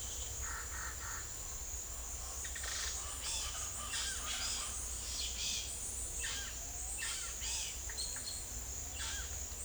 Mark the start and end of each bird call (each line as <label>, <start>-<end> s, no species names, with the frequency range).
bird call (0.4-7.7 kHz), 2.55-9.25 s